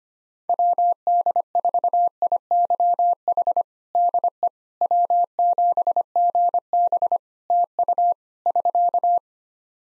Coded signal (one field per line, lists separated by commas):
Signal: Morse code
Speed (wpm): 25 wpm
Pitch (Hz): 700 Hz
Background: none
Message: WD4IYH DE W7GB TU <SK>